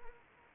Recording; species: mosquito wingbeat signal from an infrared sensor; Anopheles arabiensis